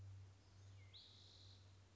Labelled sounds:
Spotted Towhee
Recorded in Sonoma County, California

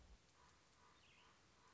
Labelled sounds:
Common Raven
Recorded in Sonoma County, California

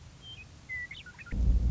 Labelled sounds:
Western Meadowlark
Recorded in Sonoma County, California

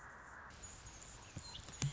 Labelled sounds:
Anna's Hummingbird
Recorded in Sonoma County, California

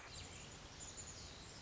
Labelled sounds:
Pacific Wren
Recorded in Sonoma County, California

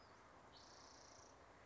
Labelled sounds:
Western Flycatcher
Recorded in Sonoma County, California

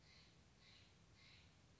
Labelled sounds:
Steller's Jay
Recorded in Sonoma County, California

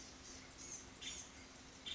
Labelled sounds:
Blue-gray Gnatcatcher
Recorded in Sonoma County, California

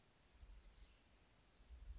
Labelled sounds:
Chestnut-backed Chickadee
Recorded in Sonoma County, California

